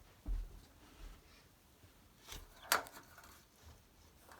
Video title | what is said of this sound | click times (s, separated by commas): How To Fit Venetian Blinds, Fitting Venetian Blinds, How To Install Venetian Blinds | so you can push until you hear a click that's it clicked | 2.7 s